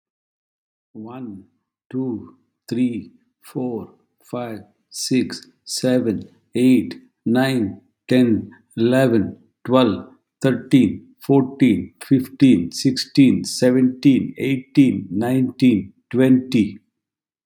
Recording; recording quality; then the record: counting at a normal pace; excellent, no background noise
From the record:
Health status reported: healthy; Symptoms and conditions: diabetes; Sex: male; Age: 57 years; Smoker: not ticked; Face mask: not worn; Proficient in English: yes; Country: India